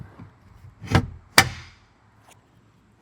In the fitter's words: That little snap you heard was the glass clicking into those holders.